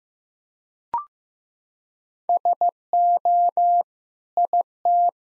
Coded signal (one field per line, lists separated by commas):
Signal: Morse code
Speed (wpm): 15 wpm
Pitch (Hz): 700 Hz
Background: none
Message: SO IT